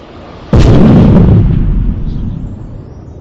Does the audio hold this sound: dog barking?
no